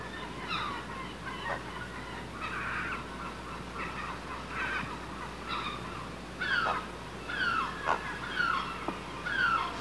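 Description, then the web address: Great blue heron calls from the nest: drawn-out, falling, whiny notes and soft chattering bursts, partly masked by a constant background hiss and low hum. Notes from birds in the nest. "bird grt blue heron notes from birds in nest"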